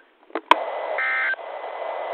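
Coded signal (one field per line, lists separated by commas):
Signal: Emergency Alert System (SAME) tones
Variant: end-of-message bursts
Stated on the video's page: NWR practice/demo tones from WXM62 and KEC91, received on Reecom R-1630 and Midland WR-120EZ weather radios, recorded via Zoom H1 and an MP3 player's built-in mic.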